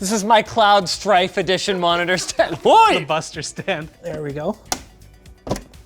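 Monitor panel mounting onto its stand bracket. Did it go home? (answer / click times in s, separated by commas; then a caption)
yes / 5.5 s. A large curved Samsung Odyssey Ark monitor is lowered onto its height-adjustable, spring-lift stand while people talk. The mount latches onto the stand bracket with a sharp click at 5.5 seconds, and the monitor is seated, though two screws still have to go in.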